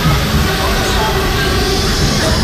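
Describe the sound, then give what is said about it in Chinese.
Steady, loud rumble and hiss inside a moving train approaching Hezhou station, a dense unbroken roar of wheels and carriage noise with no distinct breaks or separate events. “列车运行前方到站是贺州站。”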